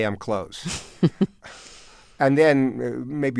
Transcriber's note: laughter